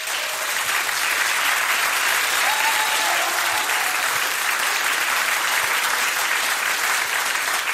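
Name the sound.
studio audience applause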